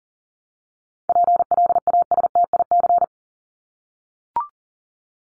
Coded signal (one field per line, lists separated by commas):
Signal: Morse code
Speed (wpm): 40 wpm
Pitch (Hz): 700 Hz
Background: none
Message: PLASTIC